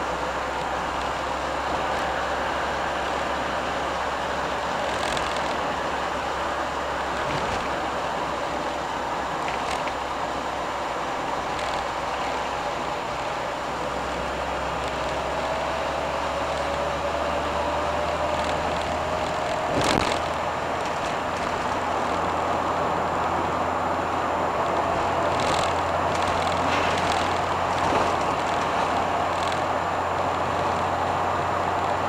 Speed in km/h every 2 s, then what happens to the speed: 59, 63, 61, 59, 58, 56, 57, 62, 68, 73, 76, 76, 77, 80, 77, 81.
0-12 steady at about 59. 12-20 speeds up to 76. 20-32 steady at about 77.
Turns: none.